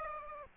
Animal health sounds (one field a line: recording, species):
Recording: mosquito wingbeat signal from an infrared sensor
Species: Aedes aegypti